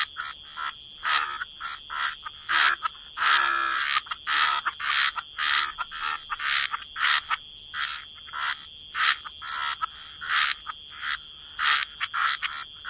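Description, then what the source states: Frogs croaking in short sharp bursts repeated rapidly and unevenly, one longer rattling croak early on, over a persistent high-pitched whine. Frog chorus.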